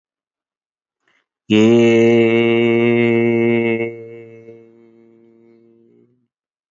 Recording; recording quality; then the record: sustained vowel as in made; excellent, no background noise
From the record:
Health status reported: healthy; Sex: male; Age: 54 years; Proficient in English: yes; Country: India